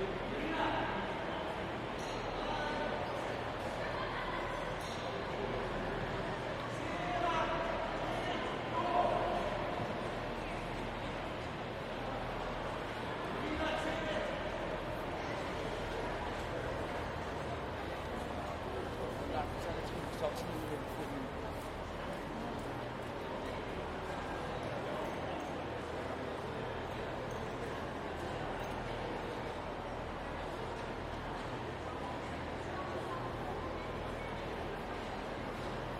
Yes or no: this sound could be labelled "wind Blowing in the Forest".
no